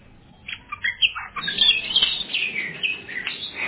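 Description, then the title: Oriental magpie-robin song, several clear whistled notes followed by a continuous, dense warbling phrase of mixed sweet and scratchy notes. "Kacer"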